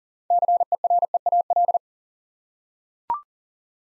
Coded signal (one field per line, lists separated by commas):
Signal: Morse code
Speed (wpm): 39 wpm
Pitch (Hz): 700 Hz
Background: none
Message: CEREAL